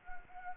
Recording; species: mosquito wingbeat signal from an infrared sensor; Anopheles arabiensis